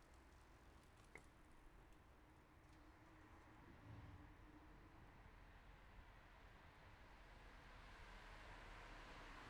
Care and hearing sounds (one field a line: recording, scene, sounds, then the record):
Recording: everyday scene through a hearing-aid microphone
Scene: in traffic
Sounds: traffic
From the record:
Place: city secondary road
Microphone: behind the ear, left, front